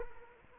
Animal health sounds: mosquito wingbeat signal from an infrared sensor; Culex quinquefasciatus

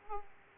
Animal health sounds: mosquito wingbeat signal from an infrared sensor; Aedes aegypti

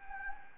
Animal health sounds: mosquito wingbeat signal from an infrared sensor; Anopheles gambiae

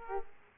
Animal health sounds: mosquito wingbeat signal from an infrared sensor; Aedes aegypti

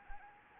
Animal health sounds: mosquito wingbeat signal from an infrared sensor; Anopheles arabiensis

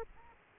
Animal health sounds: mosquito wingbeat signal from an infrared sensor; Aedes aegypti

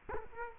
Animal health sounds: mosquito wingbeat signal from an infrared sensor; Culex quinquefasciatus

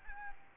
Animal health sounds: mosquito wingbeat signal from an infrared sensor; Aedes albopictus

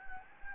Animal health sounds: mosquito wingbeat signal from an infrared sensor; Anopheles gambiae

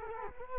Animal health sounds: mosquito wingbeat signal from an infrared sensor; Culex quinquefasciatus

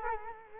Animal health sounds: mosquito wingbeat signal from an infrared sensor; Culex quinquefasciatus

